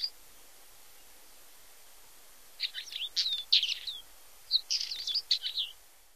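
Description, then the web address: Northern wheatear giving two short bursts of harsh, crackly, squeaky notes over a faint hiss of background noise. "Songs of Birds of North America Stokes. Northern Wheatear"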